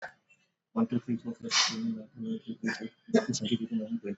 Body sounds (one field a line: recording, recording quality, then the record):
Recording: counting at a fast pace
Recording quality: poor, much background noise or distortion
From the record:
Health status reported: exposed to COVID-19, no respiratory illness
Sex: male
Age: 31 years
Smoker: yes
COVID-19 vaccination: both doses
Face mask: worn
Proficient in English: yes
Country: India